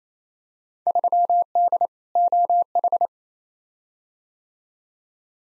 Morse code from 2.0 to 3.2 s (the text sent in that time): OH